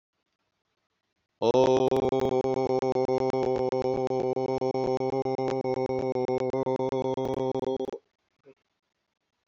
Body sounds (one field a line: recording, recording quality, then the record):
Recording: sustained vowel as in boot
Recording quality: moderate, slight background noise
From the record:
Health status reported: COVID-19 positive, mild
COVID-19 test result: positive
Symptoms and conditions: hypertension, diabetes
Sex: male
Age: 54 years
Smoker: not ticked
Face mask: not worn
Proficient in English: yes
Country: India